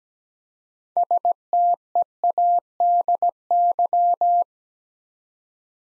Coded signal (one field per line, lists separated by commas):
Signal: Morse code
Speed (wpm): 17 wpm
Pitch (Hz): 700 Hz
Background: none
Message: STEADY